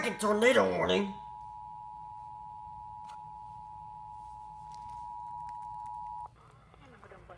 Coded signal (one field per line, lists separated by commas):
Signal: Emergency Alert System (SAME) tones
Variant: 853 and 960 Hz attention tone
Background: speech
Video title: TORNADO WARNING MAJOR FAIL I lost my mind.. (EAS #84)